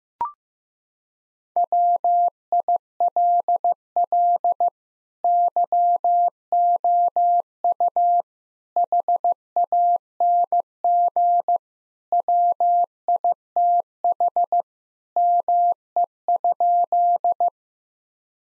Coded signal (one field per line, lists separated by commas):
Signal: Morse code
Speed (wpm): 15 wpm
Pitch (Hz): 700 Hz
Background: none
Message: WILL YOU HANG WITH ME?